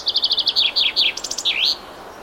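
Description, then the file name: Common chaffinch singing one full phrase: quick repeated bright notes descending in steps, finishing with a sweeping upturned flourish. "Fringilla coelebs"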